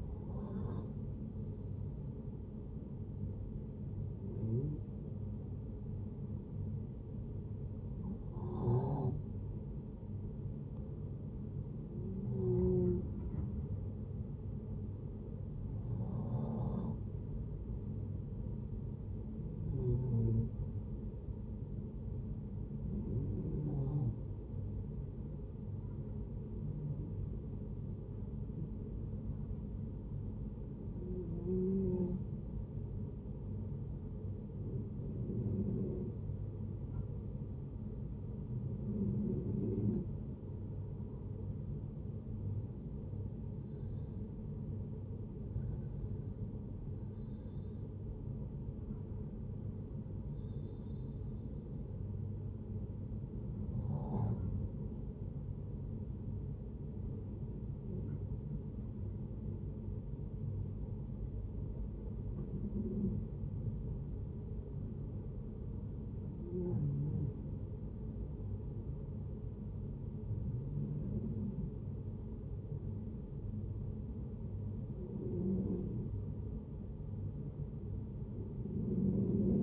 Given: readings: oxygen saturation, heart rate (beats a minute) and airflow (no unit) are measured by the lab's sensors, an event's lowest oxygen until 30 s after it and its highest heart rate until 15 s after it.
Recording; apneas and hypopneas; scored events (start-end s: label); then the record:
breathing in sleep by a smartphone at the bedside; 3
3.00-16.80 s: hypopnea (N1, oxygen 93% highest, then 90% lowest)
15.00-75.00 s: new sleep stage, N2 (light sleep)
31.00-43.00 s: hypopnea (N2, oxygen 92% highest, then 89% lowest, heart rate 72 at the start, 75 highest)
53.00-65.70 s: hypopnea (N2, oxygen 94% highest, then 89% lowest, heart rate 75 at the start, 75 highest)
75.00-79.63 s: new sleep stage, N1 (lightest sleep)
From the record:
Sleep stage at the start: N1 (lightest sleep); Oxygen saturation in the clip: 89 to 94%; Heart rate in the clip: 63 to 75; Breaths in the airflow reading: 20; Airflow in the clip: -6.6 to 6.0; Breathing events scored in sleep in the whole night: 496 in 5.4 hours asleep